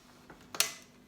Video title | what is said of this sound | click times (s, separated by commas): ✨CRASH TEST & UNBOXING DU NOUVEAU NETTOYEUR 3 EN 1 DE CHEZ LIDL | Voilà, on a entendu un petit clip. C'est que c'est bon, il est prêt. | 0.6 s